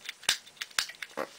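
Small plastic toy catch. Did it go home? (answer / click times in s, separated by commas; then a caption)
released / 0.3 s, 0.8 s. A gray plastic push tab on a toy robot leg piece is pressed and the plastic helmet is pulled out, releasing it from the leg assembly. Sharp plastic clicks are heard at 0.3 s and 0.8 s among lighter ticks and rattles, with a duller knock near 1.2 s.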